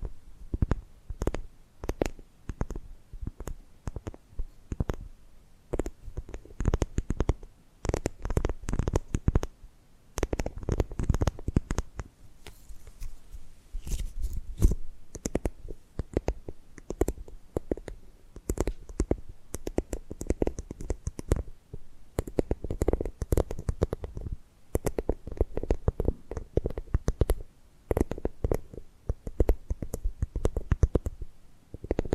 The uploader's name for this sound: Tapping and Gripping Sounds